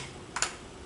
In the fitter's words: click click you hear that click and the two little pins will click in there and that's it